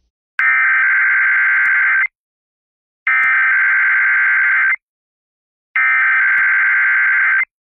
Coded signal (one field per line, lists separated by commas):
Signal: Emergency Alert System (SAME) tones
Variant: header bursts